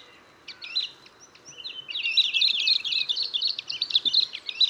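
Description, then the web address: Bird giving a few high chirps, then a continuous quick twittering of repeated notes, over a low rustling background. "Ptichki Ula. pozivki"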